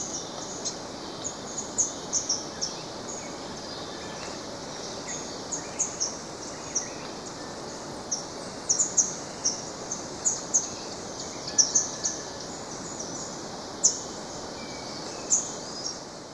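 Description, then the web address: Vermilion tanager uttering brief, high, sharp chips at irregular intervals, some doubled, over continuous background noise. Recorded in Ecuador. "Birds of Ecuador. Vermilion Tanager"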